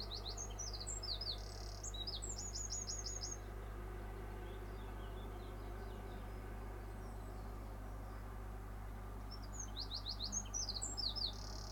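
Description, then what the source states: Bird song with rapid high chirped series early on, a long pause with background traffic rumble, then another burst of chirps near the end. Bird singing in the morning with cars in the background.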